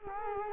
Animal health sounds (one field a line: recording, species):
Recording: mosquito wingbeat signal from an infrared sensor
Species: Culex quinquefasciatus